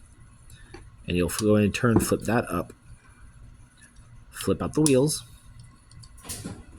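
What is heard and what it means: A plastic Transformers Legacy United robot toy is handled during a transformation step: a plastic panel is flipped up and the wheels are flipped out, with a few faint plastic handling ticks. Someone talks over the handling. The clip ends before the panel snaps into the toy's body, so nothing has seated or clicked yet.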